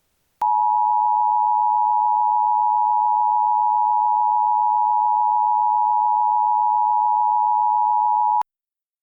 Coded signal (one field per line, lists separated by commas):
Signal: Emergency Alert System (SAME) tones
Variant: 853 and 960 Hz attention tone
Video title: EAS Scenario #19: Holiday Hell-raisers (EAS Christmas-In-July Special)